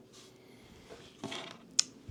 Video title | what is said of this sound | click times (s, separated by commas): NC Miata Head Unit and Backup Camera Install | okay you will hear a click | 1.8 s